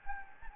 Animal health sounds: mosquito wingbeat signal from an infrared sensor; Anopheles gambiae

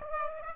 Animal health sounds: mosquito wingbeat signal from an infrared sensor; Aedes aegypti

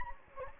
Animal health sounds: mosquito wingbeat signal from an infrared sensor; Anopheles gambiae

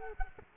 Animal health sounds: mosquito wingbeat signal from an infrared sensor; Culex quinquefasciatus

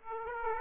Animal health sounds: mosquito wingbeat signal from an infrared sensor; Aedes aegypti

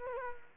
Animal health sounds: mosquito wingbeat signal from an infrared sensor; Culex quinquefasciatus

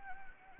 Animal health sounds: mosquito wingbeat signal from an infrared sensor; Anopheles gambiae

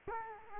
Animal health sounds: mosquito wingbeat signal from an infrared sensor; Culex quinquefasciatus

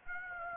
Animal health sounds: mosquito wingbeat signal from an infrared sensor; Aedes aegypti

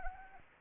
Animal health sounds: mosquito wingbeat signal from an infrared sensor; Anopheles arabiensis

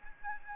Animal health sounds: mosquito wingbeat signal from an infrared sensor; Aedes albopictus

